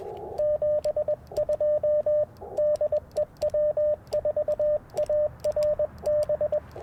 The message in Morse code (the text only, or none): 72 DEW4ARB